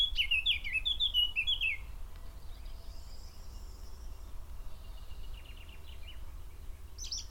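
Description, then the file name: Eurasian blackcap song: a brief burst of sweet warbled notes that slide downward, followed by soft, faint chirps and a quiet background hiss. "Sylvia atricapilla"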